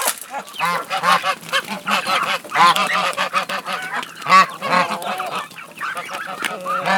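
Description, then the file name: Domestic goose: domestic geese giving loud nasal honks in quick, overlapping series. Geese calling in a barn. "Sound Ideas - Barn Sounds with Geese and Chickens Calling"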